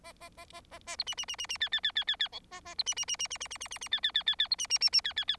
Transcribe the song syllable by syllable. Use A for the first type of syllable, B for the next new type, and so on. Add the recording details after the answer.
A A A A A A B C C C C C D D D D D D E A A B C C C C C C C C C C D D D D D B C C C C D D D. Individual Bird4